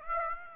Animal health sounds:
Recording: mosquito wingbeat signal from an infrared sensor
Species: Aedes aegypti

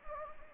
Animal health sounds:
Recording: mosquito wingbeat signal from an infrared sensor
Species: Anopheles gambiae

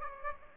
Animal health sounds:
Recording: mosquito wingbeat signal from an infrared sensor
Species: Aedes aegypti

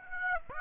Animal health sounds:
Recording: mosquito wingbeat signal from an infrared sensor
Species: Aedes aegypti

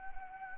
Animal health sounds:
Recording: mosquito wingbeat signal from an infrared sensor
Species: Anopheles arabiensis

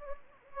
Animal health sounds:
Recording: mosquito wingbeat signal from an infrared sensor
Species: Anopheles gambiae

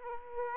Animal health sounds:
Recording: mosquito wingbeat signal from an infrared sensor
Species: Aedes aegypti

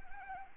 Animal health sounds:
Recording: mosquito wingbeat signal from an infrared sensor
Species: Anopheles arabiensis

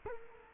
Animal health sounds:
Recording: mosquito wingbeat signal from an infrared sensor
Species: Culex quinquefasciatus

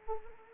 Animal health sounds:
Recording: mosquito wingbeat signal from an infrared sensor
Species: Anopheles arabiensis

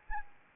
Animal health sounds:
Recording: mosquito wingbeat signal from an infrared sensor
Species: Anopheles arabiensis

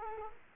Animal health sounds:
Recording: mosquito wingbeat signal from an infrared sensor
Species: Culex quinquefasciatus

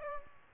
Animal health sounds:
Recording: mosquito wingbeat signal from an infrared sensor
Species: Aedes aegypti

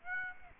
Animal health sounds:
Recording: mosquito wingbeat signal from an infrared sensor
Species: Aedes aegypti

